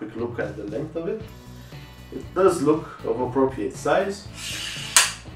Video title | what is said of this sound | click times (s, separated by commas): The Best Budget Video Tripod for DSLR in 2018? WeiFeng WF-717 Youtube Unboxing | have a very satisfying click as it closes both | 5.0 s